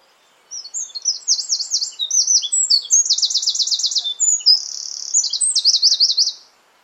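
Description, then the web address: Bird song: a rapid run of high, varied trills and buzzy phrases, each changing pitch in turn, lasting about six seconds over a quiet background. "cianscape birddata Deverinetal 2025"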